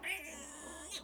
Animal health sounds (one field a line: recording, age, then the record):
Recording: pig call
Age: piglet (1 to 25 days)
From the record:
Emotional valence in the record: negative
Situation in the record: castration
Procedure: castration, cut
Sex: male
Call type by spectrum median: high-frequency call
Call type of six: mixed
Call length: 1.03 s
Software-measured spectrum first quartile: 1933 Hz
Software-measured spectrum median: 3137 Hz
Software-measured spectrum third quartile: 6775 Hz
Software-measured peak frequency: 2419 Hz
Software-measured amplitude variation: 95 dB a second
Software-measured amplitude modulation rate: 22.8 a second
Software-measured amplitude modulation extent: 4.2 dB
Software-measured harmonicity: 4.8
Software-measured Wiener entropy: -2.39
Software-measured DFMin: 658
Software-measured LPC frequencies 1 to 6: 688, 2330, 3943, 6407, 6931, 7760 Hz